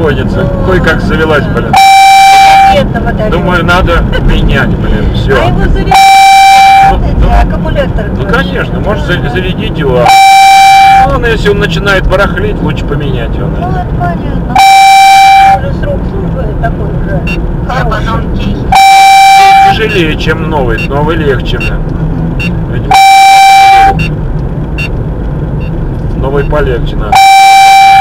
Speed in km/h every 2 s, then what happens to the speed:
72, 68, 67, 67, 67, 67, 67, 67, 65, 63, 63, 62, 61, 60.
0-15 steady at about 67. 15-28 slows to 60.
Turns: none.